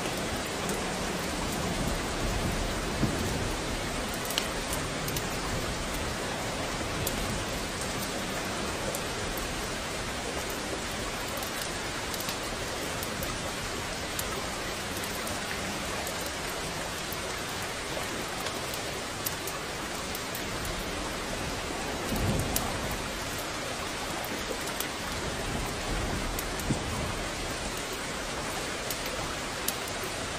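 Rain falls steadily throughout, a dense, even hiss that holds a constant level from start to finish. Scattered faint pops and ticks rise out of it now and then, around three, five, twenty-two and twenty-seven seconds, like small crackles.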